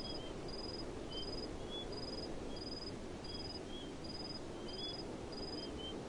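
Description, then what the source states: Cricket chirping in short pulsed bursts in a quick series, a quieter lower chirper mixed in, over a steady hiss. Crickets chirping in a desert.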